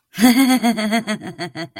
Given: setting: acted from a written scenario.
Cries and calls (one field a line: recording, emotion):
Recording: vocal sound without words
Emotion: amusement